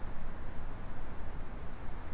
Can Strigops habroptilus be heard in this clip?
no